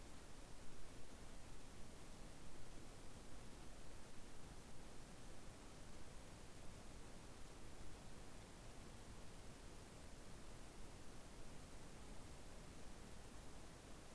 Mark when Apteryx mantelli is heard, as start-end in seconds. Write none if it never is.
none